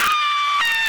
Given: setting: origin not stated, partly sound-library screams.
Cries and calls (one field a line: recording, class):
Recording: one-second piece from a danger detection set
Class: woman in danger